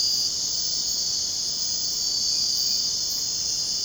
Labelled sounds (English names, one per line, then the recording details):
none
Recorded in dense forest near Puerto Asís, Putumayo, Colombia, on 23 June 2025 at 01:00
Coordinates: 0.499, -76.324
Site G100